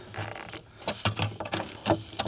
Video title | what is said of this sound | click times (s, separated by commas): 2016-2019 Ford Explorer SUPER BRIGHT HIGH BEAM LED UPGRADE | and it's already locked into place. | 2.2 s